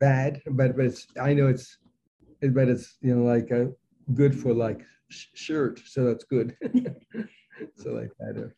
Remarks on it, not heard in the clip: 36 years with aphasia. A lot of times it's easier for you to write the word than it is for you to say the word.